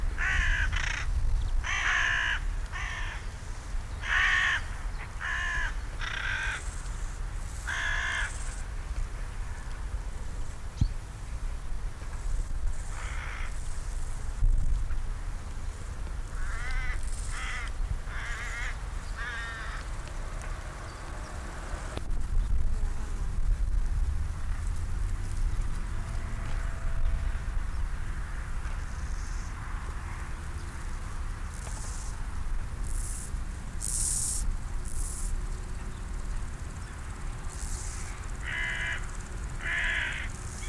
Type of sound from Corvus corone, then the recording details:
call. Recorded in the wild. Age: adult. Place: Lienen, Nordrhein-Westfalen, DE. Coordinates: 52.145, 7.974. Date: 1991-09-21 10:30. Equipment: Marantz, Sennheiser ME 80, Kopie Tesla B 116. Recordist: Tembrock, Günter